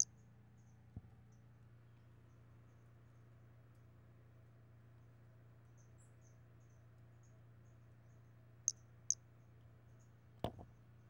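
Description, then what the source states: Brachycephalus albolineatus producing small high peeps in loose runs, with a few loud clicks and a thump near the end over a low steady hum. Recorded 5 February 2016.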